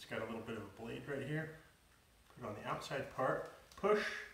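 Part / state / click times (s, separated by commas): network cable wire into patch panel punch-down slot / not seated / none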